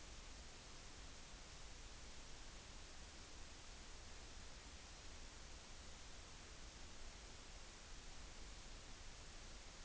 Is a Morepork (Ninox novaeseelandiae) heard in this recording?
no